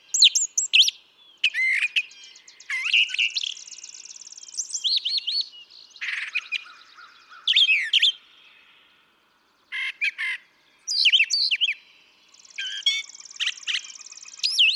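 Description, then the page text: Brown thrasher song: a long run of varied harsh, whistled and trilled phrases in quick bursts with brief pauses. Single male's long song sequence, part of three and a quarter hours recorded from him; repertoire estimated at about 1300 songs; imitates other species. "Birdsong for the Curious Naturalist. Brown thrasher"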